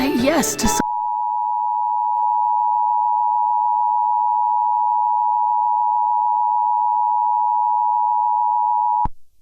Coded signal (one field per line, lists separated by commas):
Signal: Emergency Alert System (SAME) tones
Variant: 853 and 960 Hz attention tone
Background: speech, music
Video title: (1.01) Depths of The Swamp. (A COS EAS Scenario)